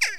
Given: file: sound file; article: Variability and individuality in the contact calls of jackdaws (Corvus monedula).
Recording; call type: jackdaw call; harmonic